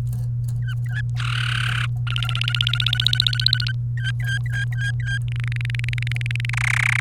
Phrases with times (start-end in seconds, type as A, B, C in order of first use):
0.62-1.01 A, 1.20-1.85 B, 2.07-3.72 C, 3.97-5.18 A, 5.28-6.50 D, 6.53-7.00 E